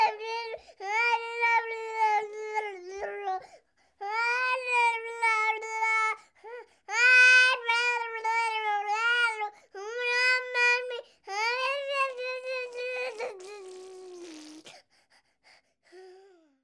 Baby crying.